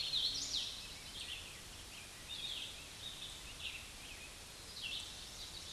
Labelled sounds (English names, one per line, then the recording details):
Red-eyed Vireo song
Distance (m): 40 m
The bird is about 15 m above the microphone
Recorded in a Pennsylvania forest on 16 May 2024 at 09:36
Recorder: AudioMoth, point MSD-2456
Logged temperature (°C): 16.4 °C
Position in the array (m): 181 m, 75 m